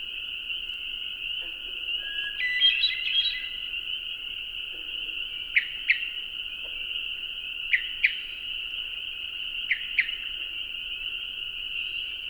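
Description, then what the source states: Hermit thrush with one brief fluty song phrase, then sharp clipped call notes in pairs every couple of seconds, against a steady high drone. Recorded at dusk; song given along with calls.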